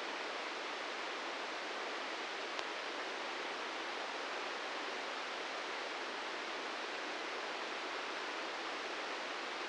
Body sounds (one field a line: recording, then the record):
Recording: brain microelectrode recording played as sound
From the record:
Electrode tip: inside the subthalamic nucleus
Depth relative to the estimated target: -4 mm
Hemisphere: left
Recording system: NeuroSet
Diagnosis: Parkinson's disease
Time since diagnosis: 13 years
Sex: male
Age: 66 years